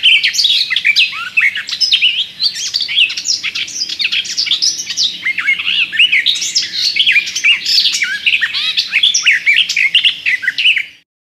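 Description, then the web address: Garden warbler singing a long, unbroken, rich warble of quick, varied notes for about eleven seconds, then stopping abruptly. "Przyroda Ptaki Gajówka"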